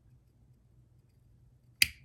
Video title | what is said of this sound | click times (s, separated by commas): Leatherman Parakeet Micra and Leatherman Burnt Sienna Bond (Unboxing) | Snaps right into place, has a really strong snap. | 1.8 s